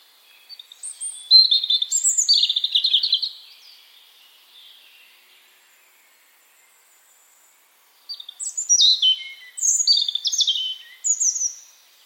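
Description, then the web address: European robin song, two phrases of high, rapid, sparkling warbles separated by a quiet gap of several seconds. "cianscape birddata Deverinetal 2025 File origin Bird Only Er Ru"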